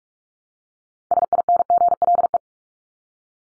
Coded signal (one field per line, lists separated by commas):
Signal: Morse code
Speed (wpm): 44 wpm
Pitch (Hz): 700 Hz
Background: none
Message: SINGLE